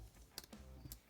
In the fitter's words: Oğlum oturmuyor lan bu buraya.